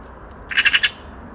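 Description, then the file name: Eurasian magpie uttering a short, dry rattling chatter of four quick harsh notes. "Pica pica"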